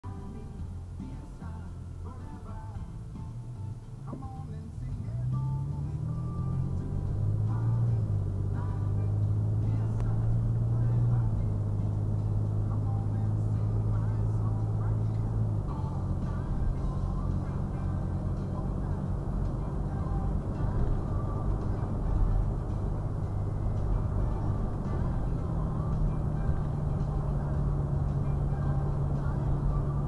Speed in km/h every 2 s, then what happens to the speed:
5, 3, 15, 29, 40, 50, 56, 61, 64, 68, 71, 72, 74, 76, 76.
2-23 speeds up to 74. 23-30 steady at about 76.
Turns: none.